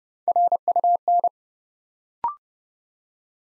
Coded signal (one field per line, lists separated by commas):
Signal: Morse code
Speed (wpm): 30 wpm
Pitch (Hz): 700 Hz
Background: none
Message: RUN